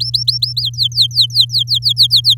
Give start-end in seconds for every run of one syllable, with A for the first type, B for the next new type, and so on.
0.00-0.61 A, 0.62-2.34 B